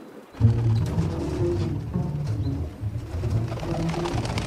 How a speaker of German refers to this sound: Und dummerweise wirft der Kerl die Fritten zwischen meine Füße, sodass die Tauben im Streit Flügel schlagen um mich herumtoben. Sie gegenseitig behaken.